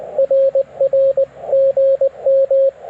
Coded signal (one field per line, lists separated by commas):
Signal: Morse code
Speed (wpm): 19 wpm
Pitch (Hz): 540 Hz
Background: radio noise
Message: RR GM